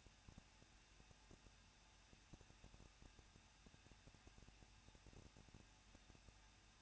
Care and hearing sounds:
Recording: daily activity, microphone in the room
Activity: no activity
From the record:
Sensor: 2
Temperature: 21.0 degrees Celsius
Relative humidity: 37.3%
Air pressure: 1006.4 hPa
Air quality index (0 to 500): 221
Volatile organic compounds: 23 ppm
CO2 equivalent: 2786 ppm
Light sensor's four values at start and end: 2/3/2/2 and 2/3/2/2

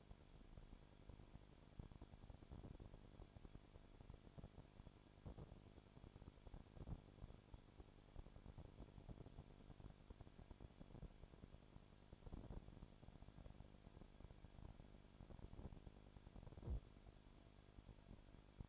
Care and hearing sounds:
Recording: daily activity, microphone in the room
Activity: no activity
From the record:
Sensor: 5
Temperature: 20.2 degrees Celsius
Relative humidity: 36.4%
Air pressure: 1001.2 hPa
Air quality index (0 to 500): 177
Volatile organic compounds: 4 ppm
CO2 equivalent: 1611 ppm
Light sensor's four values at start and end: 2/3/1/1 and 2/3/1/1

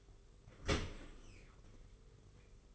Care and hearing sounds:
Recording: daily activity, microphone in the room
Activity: open dishwasher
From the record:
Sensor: 4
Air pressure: 991.3 hPa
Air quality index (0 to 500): 158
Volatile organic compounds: 130 ppm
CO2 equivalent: 3926 ppm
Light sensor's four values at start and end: 22/73/27/28 and 22/73/27/28

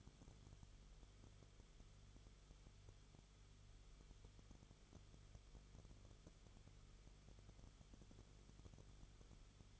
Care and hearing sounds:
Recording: daily activity, microphone in the room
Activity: no activity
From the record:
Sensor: 4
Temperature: 22.9 degrees Celsius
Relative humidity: 34.5%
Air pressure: 1011.5 hPa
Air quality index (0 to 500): 193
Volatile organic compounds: 13 ppm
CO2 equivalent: 2389 ppm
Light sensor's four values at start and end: 2/3/1/1 and 2/3/1/1

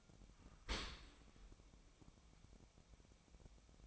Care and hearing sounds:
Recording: daily activity, microphone in the room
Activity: open dishwasher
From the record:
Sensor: 1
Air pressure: 1003.1 hPa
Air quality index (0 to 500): 196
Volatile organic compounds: 6 ppm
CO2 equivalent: 1877 ppm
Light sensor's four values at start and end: 29/71/30/36 and 29/71/30/36

